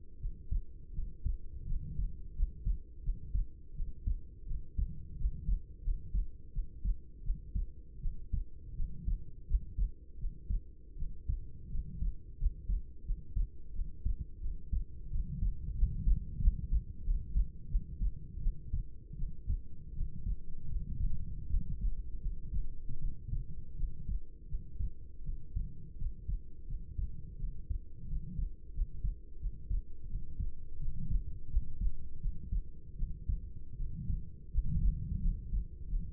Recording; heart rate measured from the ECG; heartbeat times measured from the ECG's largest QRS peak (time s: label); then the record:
heart sounds by stethoscope; 84 bpm
0.18 s: heartbeat
0.92 s: heartbeat
1.65 s: heartbeat
2.34 s: heartbeat
3.02 s: heartbeat
3.73 s: heartbeat
4.45 s: heartbeat
5.15 s: heartbeat
5.82 s: heartbeat
6.51 s: heartbeat
7.22 s: heartbeat
7.99 s: heartbeat
8.74 s: heartbeat
9.45 s: heartbeat
10.17 s: heartbeat
10.96 s: heartbeat
11.68 s: heartbeat
12.37 s: heartbeat
13.04 s: heartbeat
13.72 s: heartbeat
14.39 s: heartbeat
15.09 s: heartbeat
15.74 s: heartbeat
16.39 s: heartbeat
17.02 s: heartbeat
17.67 s: heartbeat
18.39 s: heartbeat
19.15 s: heartbeat
19.93 s: heartbeat
20.67 s: heartbeat
21.48 s: heartbeat
22.20 s: heartbeat
22.98 s: heartbeat
23.75 s: heartbeat
24.47 s: heartbeat
25.23 s: heartbeat
25.96 s: heartbeat
26.66 s: heartbeat
27.38 s: heartbeat
28.07 s: heartbeat
28.73 s: heartbeat
29.39 s: heartbeat
30.07 s: heartbeat
30.78 s: heartbeat
31.48 s: heartbeat
32.19 s: heartbeat
32.95 s: heartbeat
33.76 s: heartbeat
34.49 s: heartbeat
35.20 s: heartbeat
35.87 s: heartbeat
From the record:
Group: healthy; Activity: cold pressor test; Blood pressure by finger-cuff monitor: 113/66 mmHg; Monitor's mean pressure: 83 mmHg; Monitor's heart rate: 84 bpm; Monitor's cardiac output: 7 L/min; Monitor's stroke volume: 83 mL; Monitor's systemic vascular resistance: 880 dyn s/cm5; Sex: female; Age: 26 years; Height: 165 cm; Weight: 55 kg